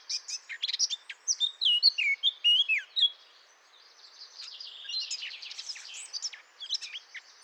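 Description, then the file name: Eurasian blackcap song: a lively warble with slurred whistles, followed by softer twittering. "Sylvia atricapilla"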